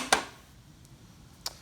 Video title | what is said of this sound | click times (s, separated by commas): Assemble the Kobalt 15 Amp 10 Inch Carbide Tipped Table Saw KT1015 | that the front lip can then click into place you | 0.1 s